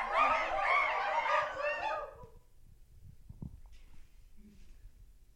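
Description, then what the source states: Chimpanzees give a burst of loud, harsh, overlapping screams for about two seconds. Near-silence follows, broken only by faint low thumps. Several agitated chimpanzees calling.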